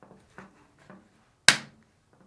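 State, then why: Seated. A replacement Samsung dryer moisture sensor, part DC61-02627A, has its longer end inserted through the opening in the dryer, and its opposite end is pressed down firmly into the sensor bracket. A few faint handling knocks come first, then a sharp, loud snap at 1.5 s as the sensor seats in place.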